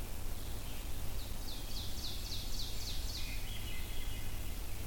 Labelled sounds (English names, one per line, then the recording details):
Ovenbird song
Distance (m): 85 m
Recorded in boreal forest in Alberta, Canada, on 22 June 2016 at 06:41
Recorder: SongMeter 3, array SBT-6-76
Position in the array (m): 165 m, 136 m
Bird 3